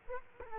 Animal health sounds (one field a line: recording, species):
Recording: mosquito wingbeat signal from an infrared sensor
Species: Culex quinquefasciatus